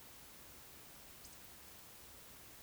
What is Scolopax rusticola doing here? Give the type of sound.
whistle